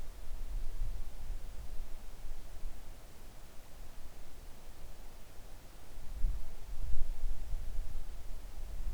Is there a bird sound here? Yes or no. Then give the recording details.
no. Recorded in the Arctic National Wildlife Refuge, Alaska, on 3 August 2019 at 10:27. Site 41